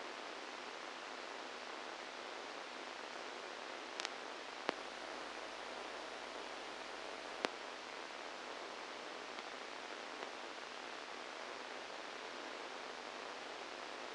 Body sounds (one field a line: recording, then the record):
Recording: brain microelectrode recording played as sound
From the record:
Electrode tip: outside the subthalamic nucleus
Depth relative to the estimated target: 3 mm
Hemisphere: right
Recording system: NeuroSet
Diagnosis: Parkinson's disease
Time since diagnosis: 10 years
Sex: male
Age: 63 years